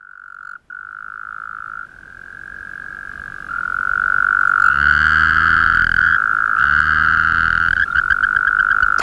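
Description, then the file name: Taipei tree frog producing two long raspy croaks in succession followed by a brief pulsed stutter, with a steady higher-pitched tone underneath. "Rhacophorus taipeianus"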